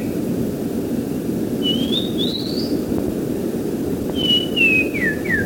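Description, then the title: Oriental magpie-robin song: clear whistled notes, first rising and sliding upward, then a falling series of slurred whistles, over a steady low rumble. Training recording (masteran) used to tutor songbirds. "kacer masteran"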